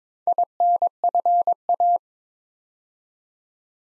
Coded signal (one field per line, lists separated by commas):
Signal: Morse code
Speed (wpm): 21 wpm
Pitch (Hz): 700 Hz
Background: none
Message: INFA